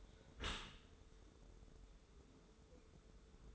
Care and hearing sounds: daily activity, microphone in the room; close dishwasher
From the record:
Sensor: 3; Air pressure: 1014.9 hPa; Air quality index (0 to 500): 35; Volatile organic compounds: 1 ppm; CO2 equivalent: 560 ppm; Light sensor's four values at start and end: 11/26/11/11 and 11/26/11/11

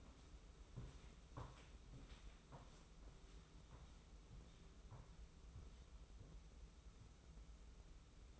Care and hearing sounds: daily activity, microphone in the room; walk to room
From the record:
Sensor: 1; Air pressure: 994.4 hPa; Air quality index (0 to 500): 220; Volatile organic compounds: 1000 ppm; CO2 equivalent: 7879 ppm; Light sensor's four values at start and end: 61/136/60/63 and 62/141/62/65

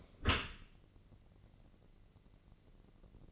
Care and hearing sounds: daily activity, microphone in the room; close dishwasher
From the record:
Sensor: 4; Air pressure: 1013.2 hPa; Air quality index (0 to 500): 172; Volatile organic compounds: 2 ppm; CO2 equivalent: 1084 ppm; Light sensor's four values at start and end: 79/197/82/84 and 79/196/82/83

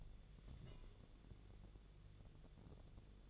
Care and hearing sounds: daily activity, microphone in the room; take from stove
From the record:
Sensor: 4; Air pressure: 1000.8 hPa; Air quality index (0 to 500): 128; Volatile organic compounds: 1 ppm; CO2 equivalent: 962 ppm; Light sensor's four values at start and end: 38/94/39/43 and 38/93/39/43

